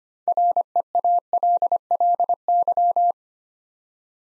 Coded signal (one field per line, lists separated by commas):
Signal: Morse code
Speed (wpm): 25 wpm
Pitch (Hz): 700 Hz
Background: none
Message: REALLY